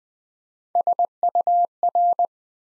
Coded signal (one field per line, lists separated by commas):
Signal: Morse code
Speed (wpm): 20 wpm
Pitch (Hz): 700 Hz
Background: none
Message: SUR